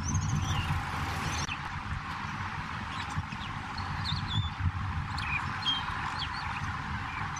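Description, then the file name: Superb starling song, a rambling series of thin high whistles and short chirps, some sliding, over a steady low rumbling background noise. "superb starling. omkicau"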